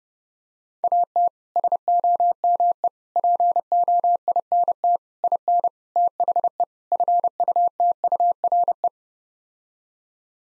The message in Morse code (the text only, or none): AT SOME POINT IN THE FUTURE